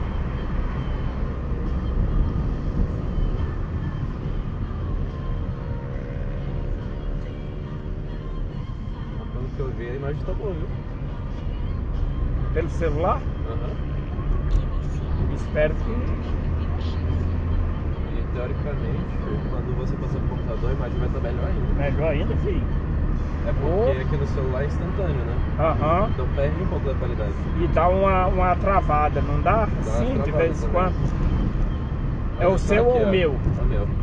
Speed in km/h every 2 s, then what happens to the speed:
46, 40, 28, 25, 26, 34, 39, 46, 49, 54, 56, 57, 57, 56, 54, 52, 50.
0-4 brakes to 28. 8-21 speeds up to 57. 21-34 slows to 50.